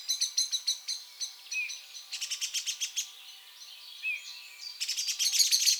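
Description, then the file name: Eurasian blackbird calls: quick series of sharp, high ticking notes in bursts, with pauses between runs and faint chirps behind. "Turdus merula"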